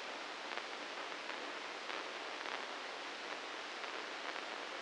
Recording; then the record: brain microelectrode recording played as sound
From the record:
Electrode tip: inside the subthalamic nucleus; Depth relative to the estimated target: 0 mm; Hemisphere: right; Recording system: NeuroSet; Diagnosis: Parkinson's disease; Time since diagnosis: 9 years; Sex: male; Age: 61 years